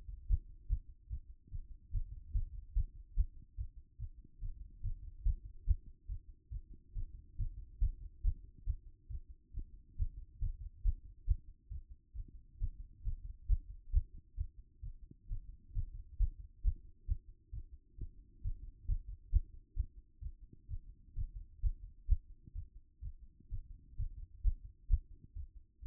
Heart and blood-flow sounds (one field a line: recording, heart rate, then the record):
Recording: heart sounds by stethoscope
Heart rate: 136 bpm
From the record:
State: after exercise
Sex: female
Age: 28 years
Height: 167 cm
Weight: 60 kg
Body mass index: 21.51